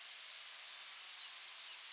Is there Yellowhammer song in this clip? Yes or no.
yes